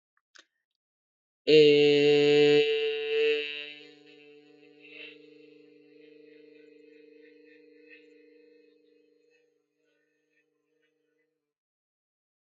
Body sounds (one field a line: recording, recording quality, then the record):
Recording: sustained vowel as in made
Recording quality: excellent, no background noise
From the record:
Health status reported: healthy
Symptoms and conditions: none ticked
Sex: male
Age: 30 years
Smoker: not ticked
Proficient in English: yes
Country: United States